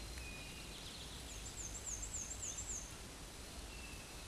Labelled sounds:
Black-and-white Warbler song

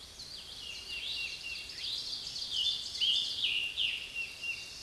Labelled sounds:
Scarlet Tanager song

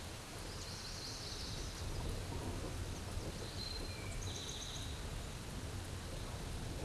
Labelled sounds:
Eastern Towhee song

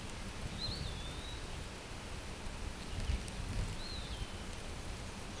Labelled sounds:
Eastern Wood-Pewee song

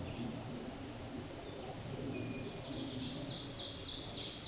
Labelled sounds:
Ovenbird song

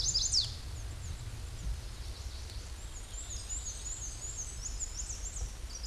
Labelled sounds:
Black-and-white Warbler song

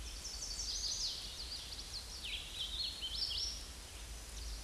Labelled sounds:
Hooded Warbler song

